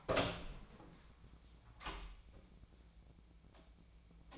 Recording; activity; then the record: daily activity, microphone in the room; open door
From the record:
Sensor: 1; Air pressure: 1009.3 hPa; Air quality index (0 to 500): 186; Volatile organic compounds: 4 ppm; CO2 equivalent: 1566 ppm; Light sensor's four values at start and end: 56/137/60/66 and 58/140/61/68